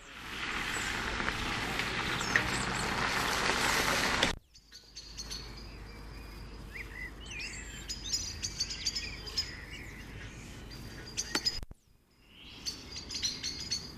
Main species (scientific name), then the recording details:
Turdus merula. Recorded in the wild. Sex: male. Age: adult. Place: Ehrwald, Wettersteingebirge, Tirol, AT. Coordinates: 47.4272, 10.9411. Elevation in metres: 1214. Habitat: mountains. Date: 1975-03-05. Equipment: Nagra IV, Sennheiser MKH 405, Parabolreflektor. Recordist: Tretzel, Erwin